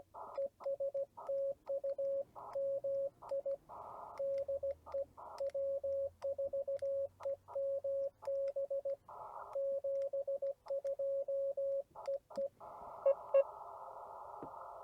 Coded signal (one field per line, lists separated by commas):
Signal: Morse code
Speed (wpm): 16 wpm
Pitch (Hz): 550 Hz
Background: radio noise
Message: ES TU MI DE W4EMB 72 EE EE